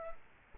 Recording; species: mosquito wingbeat signal from an infrared sensor; Culex quinquefasciatus